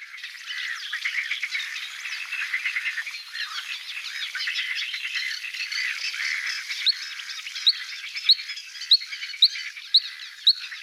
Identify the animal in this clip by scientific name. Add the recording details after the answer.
Luscinia svecica. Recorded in the wild. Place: Nagyivan / Hortobagy, HU. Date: 1988-05-20. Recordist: Schwarz, Dieter. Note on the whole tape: Song